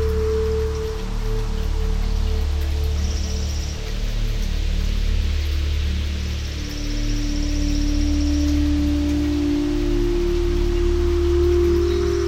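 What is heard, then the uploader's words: Steady, dense rain hiss from a thunderstorm runs the whole time over a deep, continuous low rumble. A humming tone sits underneath, with a second one rising slightly after eight seconds, and faint high whistles appear around three and from six to eight seconds. The nature sounds were recorded live during a local thunderstorm.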